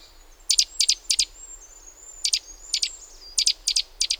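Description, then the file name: Great tit calling in quick pairs of sharp, high ticking notes in short runs, with a faint, thin whistle behind. "Parus major"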